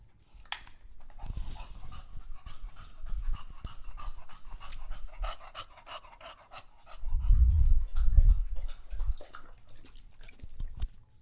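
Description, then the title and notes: English Bulldog breathing hard in quick pants, broken by a burst of heavier low sounds late. Male English Bulldog named Lucho drinking water from a bowl after a long walk, breathing heavily and out of breath between drinks. "English Bulldog Drinks from Water Bowl. listen to Lucho the English Bulldog as he tries to drink water after a long walk. Don't let his heavy breathing fool you in between drinks, he's equally out of breath from the walk"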